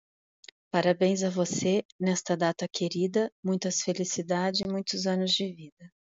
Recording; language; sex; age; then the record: short text; Brazilian Portuguese; female; 40 to 49 years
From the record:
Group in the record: control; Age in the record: 45 years